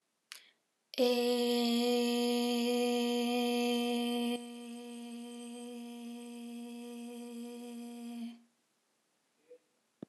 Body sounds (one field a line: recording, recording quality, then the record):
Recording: sustained vowel as in made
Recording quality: excellent, no background noise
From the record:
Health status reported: healthy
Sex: female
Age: 36 years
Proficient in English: yes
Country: United States